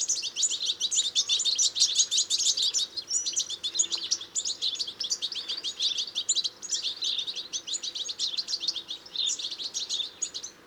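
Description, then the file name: European goldfinch twittering, rapid bright chirps in bursts of varying length with short gaps between. "Carduelis carduelis"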